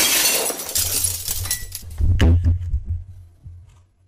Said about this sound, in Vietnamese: Một tiếng bể, kèm theo đó là một tiếng cái gì đó lăn lăn lăn.